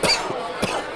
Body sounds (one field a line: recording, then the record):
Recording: coughing mixed with background sound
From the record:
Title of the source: Coughing 79